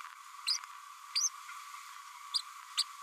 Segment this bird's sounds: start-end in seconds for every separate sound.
0.46-0.58, 1.15-1.29, 2.34-2.39, 2.77-2.83